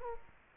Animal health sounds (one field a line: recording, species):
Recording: mosquito wingbeat signal from an infrared sensor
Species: Culex quinquefasciatus